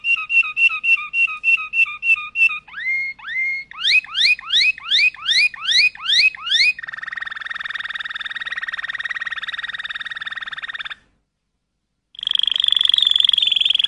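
Canary running through varied rolls: a pulsed trill, a series of rising swept notes, a long buzzy roll, a short pause, then another fast trill.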